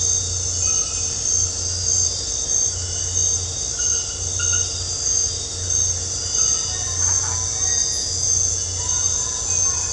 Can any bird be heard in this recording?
no